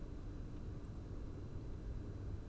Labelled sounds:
Song Thrush (Turdus philomelos)

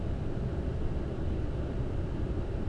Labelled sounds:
none

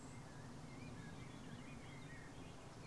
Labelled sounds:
Common Blackbird (Turdus merula)

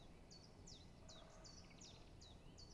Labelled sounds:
Great Spotted Woodpecker (Dendrocopos major)

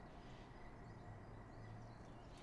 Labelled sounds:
Great Tit (Parus major)

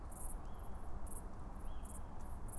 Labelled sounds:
Tawny Owl (Strix aluco)

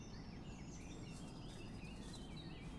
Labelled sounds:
Eurasian Blue Tit (Cyanistes caeruleus)

